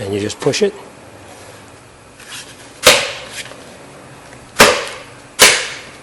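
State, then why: Seated. Someone talks briefly as a plastic mirror trim cover, already lined up with its pins, is pushed into a car door. Its clips snap in with sharp clicks at 2.9 s and 4.6 s, and another sharp snap follows at about 5.4 s. The cover is seated.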